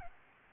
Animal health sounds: mosquito wingbeat signal from an infrared sensor; Aedes albopictus

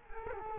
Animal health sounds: mosquito wingbeat signal from an infrared sensor; Culex quinquefasciatus

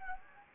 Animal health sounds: mosquito wingbeat signal from an infrared sensor; Anopheles gambiae

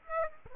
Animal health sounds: mosquito wingbeat signal from an infrared sensor; Aedes aegypti

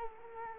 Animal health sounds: mosquito wingbeat signal from an infrared sensor; Culex quinquefasciatus

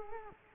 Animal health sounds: mosquito wingbeat signal from an infrared sensor; Culex quinquefasciatus

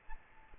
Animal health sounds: mosquito wingbeat signal from an infrared sensor; Aedes albopictus

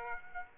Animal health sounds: mosquito wingbeat signal from an infrared sensor; Aedes aegypti

